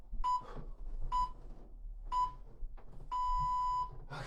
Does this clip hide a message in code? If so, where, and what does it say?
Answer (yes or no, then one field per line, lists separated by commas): no